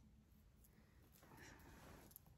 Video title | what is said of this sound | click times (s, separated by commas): I Got In On A GOODWILL Mixed Jewlery Box! Worth the $54.99? | it's definitely a little scratched up and then here you'll hear it click | 2.1 s, 2.2 s